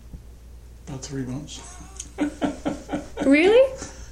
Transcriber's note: laughter